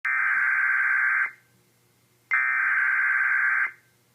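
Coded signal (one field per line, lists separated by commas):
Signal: Emergency Alert System (SAME) tones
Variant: header bursts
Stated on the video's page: Flash flood warning alert issued by the National Weather Service in Little Rock.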